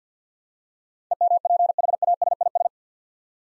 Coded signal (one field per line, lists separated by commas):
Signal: Morse code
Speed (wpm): 50 wpm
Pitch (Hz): 700 Hz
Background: none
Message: EMPHASIS